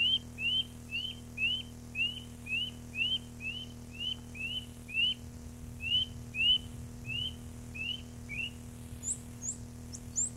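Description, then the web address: Eurasian nuthatch song, a series of clear upslurred whistles repeated about twice a second, followed by a few high chirps; low hum throughout. Recorded 29 April 1994. "birdsong 3 29 04 94 Seuropea"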